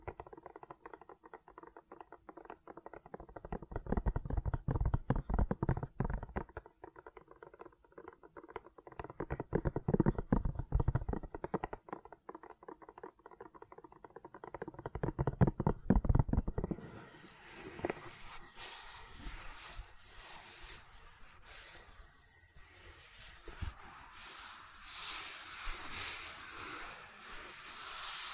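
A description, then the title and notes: Soft, gentle silicone sounds: dense squishing and crackling in swells, growing louder around five, ten and sixteen seconds. Near the seventeen-second mark the texture shifts to a brighter, hissier rubbing that stays steadier and a little quieter to the end. ASMR Gentle Silicon Sounds for Sleep (No Talking).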